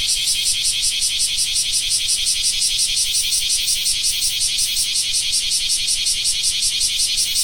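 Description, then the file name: Bear cicada song, loud rasping high buzz beating in rapid regular pulses, steady from start to finish. "クマゼミ"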